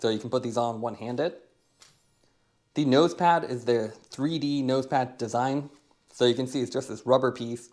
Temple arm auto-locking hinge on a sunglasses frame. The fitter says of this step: these have Auto locking hinges too so you get it close and then sort of snaps in place so